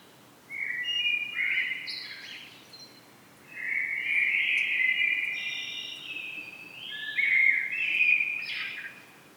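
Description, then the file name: Common blackbird singing mellow, fluty phrases with pauses between them, and scratchy higher notes at the phrase ends. "Turdus merula"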